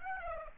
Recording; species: mosquito wingbeat signal from an infrared sensor; Aedes aegypti